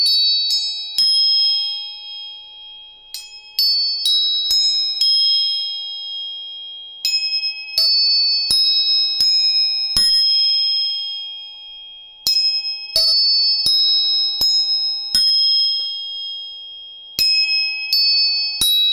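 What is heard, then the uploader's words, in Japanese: Tuning forks are struck again and again, each sharp metallic tap followed by a clear, long ringing tone with a bright shimmer above a steady lower note. The strikes come in loose clusters every few seconds, close by, with the ring fading slowly between hits. 音叉チューニング全体性。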